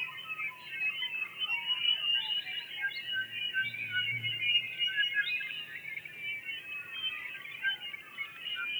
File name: Tawny-Crowned Honeyeaters